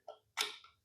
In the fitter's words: பண்ணிட்டா அது லாக் ஆகிடும், அவ்வளோதான்.